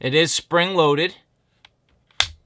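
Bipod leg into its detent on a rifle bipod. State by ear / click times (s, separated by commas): seated / 2.2 s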